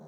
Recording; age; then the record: pig call; piglet (1 to 25 days)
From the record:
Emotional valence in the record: negative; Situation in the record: long isolation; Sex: male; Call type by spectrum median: low-frequency call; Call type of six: mixed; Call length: 0.09 s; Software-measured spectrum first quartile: 184 Hz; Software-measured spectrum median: 363 Hz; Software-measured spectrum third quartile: 669 Hz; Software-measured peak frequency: 206 Hz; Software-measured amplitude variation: 49 dB a second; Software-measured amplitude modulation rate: 11.7 a second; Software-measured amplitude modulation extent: 4.2 dB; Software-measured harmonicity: 0.7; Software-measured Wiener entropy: 0.18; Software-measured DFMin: 1596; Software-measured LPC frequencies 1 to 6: 572, 3835, 4689, 5815, 6487, 8245 Hz